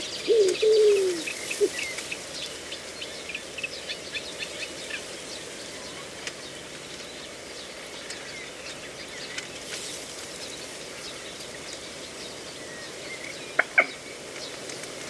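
Birdsong in a reedbed, opening with a low, cooing call that slides downward in the first two seconds. A steady hiss of background sound runs throughout, scattered with faint chirps and ticks, and a sharp, bright call breaks in near the end.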